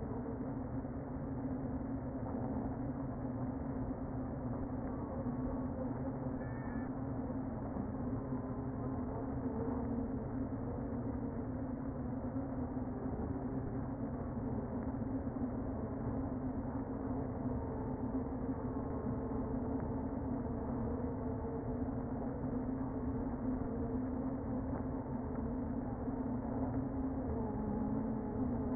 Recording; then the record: honeybee colony, microphone inside the hive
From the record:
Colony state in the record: queen present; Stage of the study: before two queens were removed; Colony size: about 60,000 bees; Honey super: yes